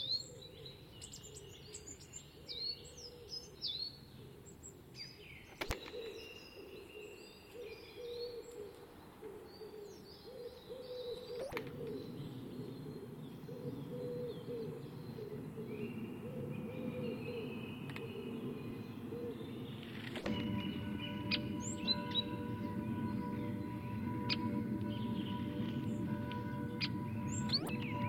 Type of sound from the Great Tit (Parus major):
call